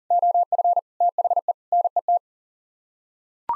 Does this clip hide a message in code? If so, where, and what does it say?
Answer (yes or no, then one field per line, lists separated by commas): yes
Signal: Morse code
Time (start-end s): 0.1-2.2 s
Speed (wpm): 40 wpm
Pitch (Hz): 700 Hz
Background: none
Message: OF THE NET